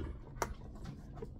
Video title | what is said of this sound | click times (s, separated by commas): SmartDoll Box Opening: Beyond the Brink / Transcendence cocoa | One way to make sure you got it is to listen for that click. | 0.4 s